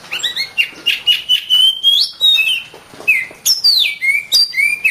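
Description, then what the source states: Magpie robin song: rapid chattering notes leading into sustained bright whistles, then high descending sweeps ending in short whistled flourishes. Master training song.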